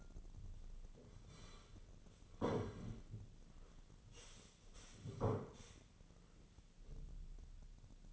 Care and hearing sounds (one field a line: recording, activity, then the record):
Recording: daily activity, microphone in the room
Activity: sit down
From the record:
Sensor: 4